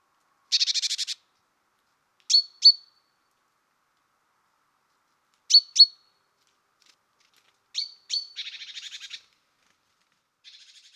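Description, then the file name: Great tit calls: a buzzy scolding churr, then paired sharp ticking notes repeated at intervals, ending with another rasping chatter and a fainter one. "Parus major"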